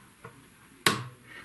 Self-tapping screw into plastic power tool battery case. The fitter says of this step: that that click that means it is engag the original threads